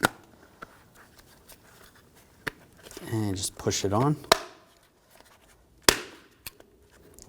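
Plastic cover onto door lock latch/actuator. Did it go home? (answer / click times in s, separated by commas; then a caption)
yes / 5.9 s. A plastic cover is lined up with the latch of a front door lock actuator on a 2011-2018 Volkswagen Jetta and pushed on by hand while someone talks, with a few faint taps and clicks before it. A sharp, loud snap at 5.9 s marks the cover locking in place, fully seated on the latch.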